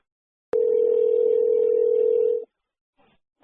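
A click, then a telephone ringback tone while placing a call: one steady, low-pitched electronic beep lasting about two seconds, followed by silence and brief faint rustling.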